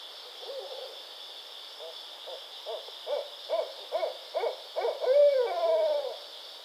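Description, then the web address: Barred owl calling: a run of rhythmic hooted notes ending in louder, drawn-out notes, over a steady high hiss. 24 May 2009. "Barred Owl 2009 05 24"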